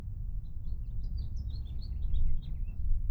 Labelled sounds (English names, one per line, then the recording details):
House Finch song
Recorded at Atlantic Beach West on Long Island, New York, on 2 June 1975
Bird C